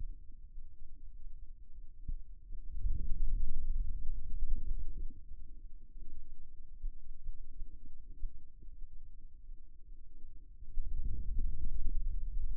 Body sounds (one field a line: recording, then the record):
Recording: forearm muscle sounds (acoustic myography)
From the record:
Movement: ulnar deviation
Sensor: system 2, bracelet of six BSWA MPA416 microphones around the upper forearm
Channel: 2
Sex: male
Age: 22 years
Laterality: right